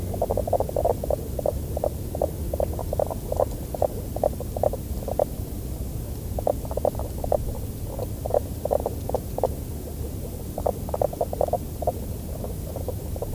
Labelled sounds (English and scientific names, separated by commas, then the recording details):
Common Spadefoot (Pelobates fuscus) call
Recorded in the wild
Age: adult
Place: Falkenberger Rieselfelder, Barnim, Berlin, DE
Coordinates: 52.584, 13.554
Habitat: pond
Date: 1991-03-30 15:44
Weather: water: 10 °C
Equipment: Uher 4000 Report Monitor, Sennheiser MKH 416 T mit Windschutz
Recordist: Frommolt, Karl-Heinz